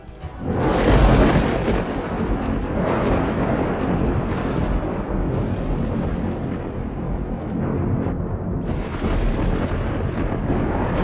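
A deep, loud rumbling like an earthquake rolls on without a break from the sky, with thunder-like booms swelling through it and a few brighter crackling bursts. No voices.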